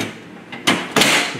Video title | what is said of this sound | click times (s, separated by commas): HP 8200 Heatsink Replacement | Push down until it clicks, and there you go. | 0.7 s